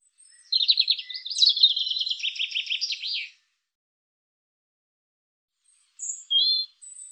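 European robin singing a high, rapid phrase of buzzy trilled notes that steps downward over about three seconds, then a pause and a few thin high notes; background otherwise silent.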